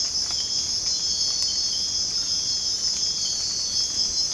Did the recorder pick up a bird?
no